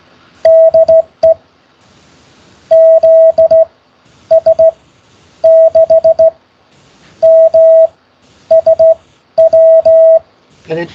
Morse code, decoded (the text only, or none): DE ZS6MSW